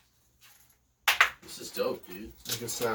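The front piece of a holder or sheath from an unboxed tomahawk kit is pushed into its body and snaps in with sharp clicks at 1.1 and 1.2 seconds, seating it in place. Someone talks before and after the snap.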